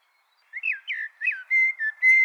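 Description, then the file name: Common blackbird song: three quick, slurred downward whistles, then longer level fluted notes at a steady pitch. "Turdus merula"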